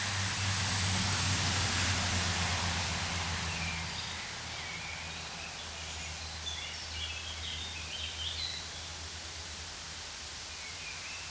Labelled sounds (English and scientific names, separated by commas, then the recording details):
Common Chaffinch (Fringilla coelebs) song
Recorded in the wild
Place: Genfersee, Rhône-Alpes, FR
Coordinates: 46.3089, 6.25333
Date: 1986-05-01
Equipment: Uher 4000 Report, Sennheiser MKH 815 T
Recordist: Tretzel, Erwin